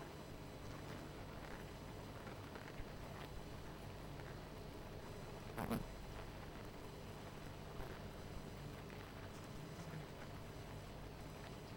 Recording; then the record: honeybee colony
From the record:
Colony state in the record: missing queen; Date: 14 July 2017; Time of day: 19:05